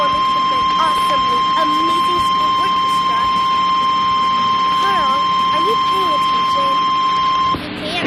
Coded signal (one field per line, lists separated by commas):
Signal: Emergency Alert System (SAME) tones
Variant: 1050 Hz attention tone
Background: speech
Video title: EAS Tornado Warning Interuption During Carl the Collector on Jisele Network 1/8/25